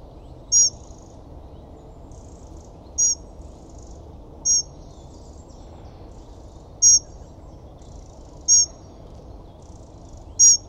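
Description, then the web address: Bird calls as short, piercing high chirps at uneven intervals of about one and a half to two and a half seconds, over low background noise. "WILDLIFEXSOUNDSXXXBIRDSXXC"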